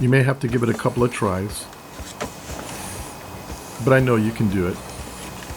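Someone talks while a small wiring plug is pushed with a pick from behind into the back of a plastic top accessory button from a Cadillac Escalade steering wheel. Faint handling noise sits under the voice, and the plug has not seated or clicked into the button yet.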